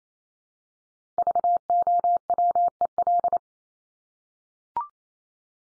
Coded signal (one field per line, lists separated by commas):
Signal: Morse code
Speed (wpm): 28 wpm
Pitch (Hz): 700 Hz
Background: none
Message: VOWEL